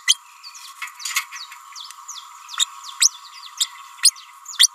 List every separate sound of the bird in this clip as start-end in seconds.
0.06-0.19, 2.57-2.66, 3.00-3.08, 3.60-3.66, 4.03-4.11